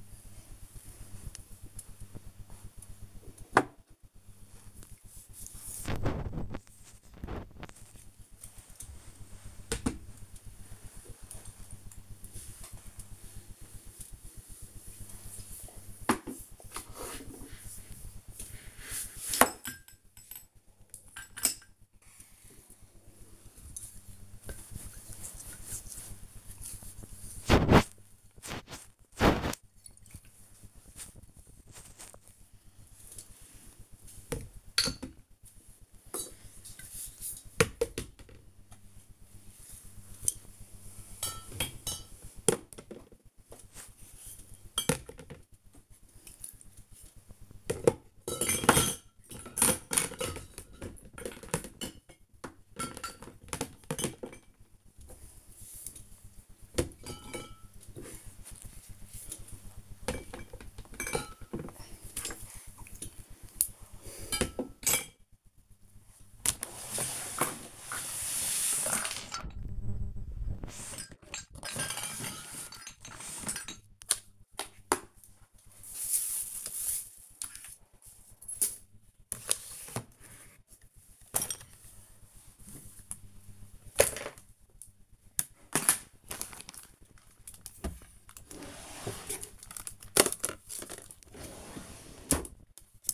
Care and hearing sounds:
household activities, microphone on the right wrist
0.00-93.14 s: tidy up the cupboard

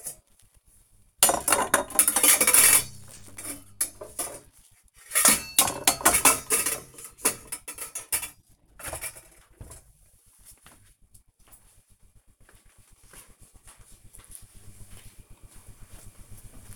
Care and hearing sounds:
household activities, microphone on the right wrist
0.00-11.78 s: putting away the dishes

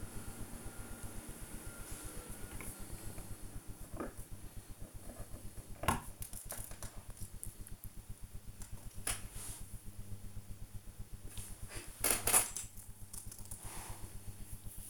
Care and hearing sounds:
household activities, microphone on the right wrist
0.00-14.90 s: build with lego

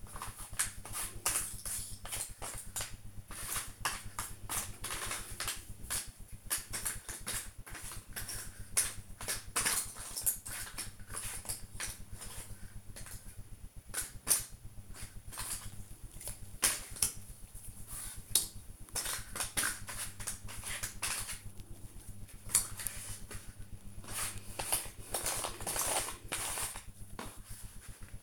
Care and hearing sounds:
household activities, microphone on the right wrist
0.00-28.23 s: doing a puzzle

